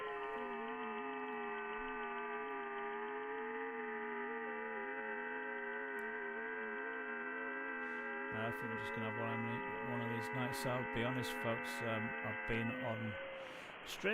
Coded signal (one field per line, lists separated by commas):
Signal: FT8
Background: speech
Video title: Ham Radio (LIVESTREAM) hunting Europe on wsjtx